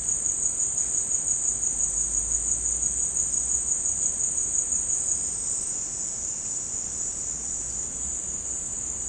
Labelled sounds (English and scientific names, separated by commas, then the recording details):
none
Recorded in secondary vegetation near Puerto Asís, Putumayo, Colombia, on 21 March 2025 at 15:00
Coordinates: 0.485, -76.322
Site G040